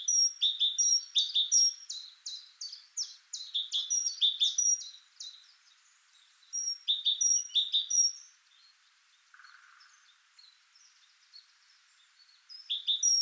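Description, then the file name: Great tit calls: a quick series of descending chips, then grouped high notes with thin whistles, separated by brief pauses. "Parus major"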